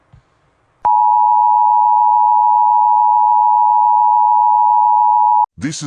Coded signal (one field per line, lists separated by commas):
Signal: Emergency Alert System (SAME) tones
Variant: 853 and 960 Hz attention tone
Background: speech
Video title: (preview) EAS Scenario - The Flaming Asteroid